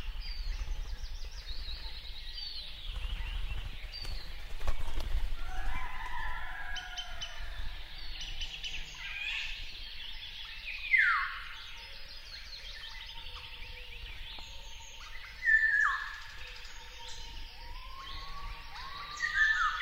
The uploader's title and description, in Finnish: Kuhankeittäjän rantakoivikko. Järven rantametsä herää alkukesän aamuun.